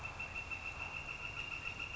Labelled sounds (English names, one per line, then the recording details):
Northern Flicker
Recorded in Sonoma County, California